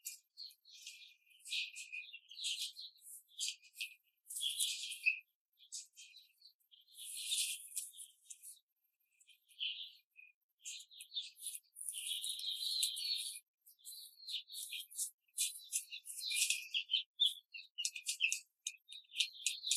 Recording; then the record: young laying hens in a cage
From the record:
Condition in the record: control cage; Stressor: none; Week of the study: 5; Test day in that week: 1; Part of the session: 2